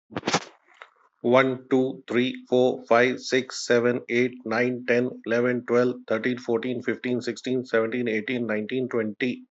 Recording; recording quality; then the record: counting at a fast pace; excellent, no background noise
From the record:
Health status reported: healthy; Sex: male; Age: 51 years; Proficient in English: yes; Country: India